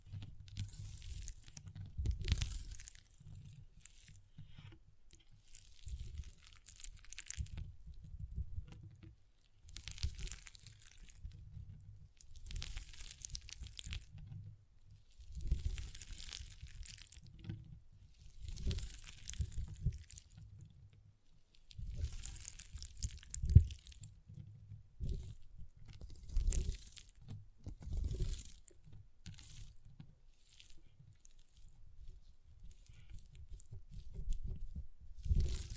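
Water beads shift and squish in uneven bursts, each a soft crunching, wet rustle with a low rumbling base and bright crackly edges. Bursts come every couple of seconds with brief quiet gaps, and a sharper click stands out around 23 seconds.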